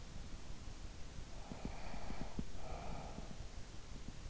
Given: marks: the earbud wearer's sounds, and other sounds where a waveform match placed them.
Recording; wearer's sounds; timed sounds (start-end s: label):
sounds in sleep by an in-ear microphone; breath
1.14-4.11 s: breath